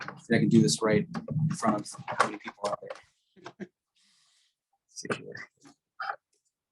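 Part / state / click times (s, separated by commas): filter or cartridge into a powered air-purifying respirator blower unit / seated / 6.1 s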